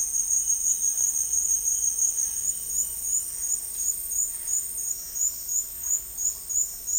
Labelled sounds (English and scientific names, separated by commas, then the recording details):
Roadside Hawk (Rupornis magnirostris)
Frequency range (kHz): Roadside Hawk (Rupornis magnirostris) 2.3-3.7 kHz
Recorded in dense forest near Puerto Asís, Putumayo, Colombia, on 20 February 2024 at 09:30
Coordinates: 0.485, -76.318
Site G6408